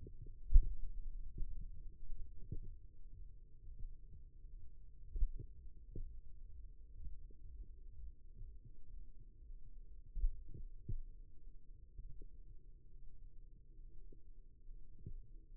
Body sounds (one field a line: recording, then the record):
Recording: forearm muscle sounds (acoustic myography)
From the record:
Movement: finger pinch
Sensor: system 2, bracelet of six BSWA MPA416 microphones around the upper forearm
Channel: 3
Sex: male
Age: 22 years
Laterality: right